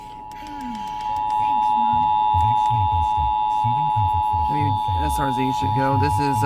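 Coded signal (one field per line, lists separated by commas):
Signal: Emergency Alert System (SAME) tones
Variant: 853 and 960 Hz attention tone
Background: speech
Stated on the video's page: Florida required monthly test from FM stations WSRZ-FM Coral Cove 107.9 MHz and WUSF-FM Tampa 89.7 MHz.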